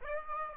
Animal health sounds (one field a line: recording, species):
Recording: mosquito wingbeat signal from an infrared sensor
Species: Aedes aegypti